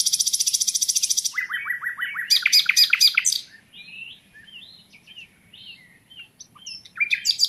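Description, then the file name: Common nightingale song: a fast rattling trill, then a series of descending notes and loud bursts, followed by softer scattered whistles before another loud phrase. "Luscinia megarhynchos"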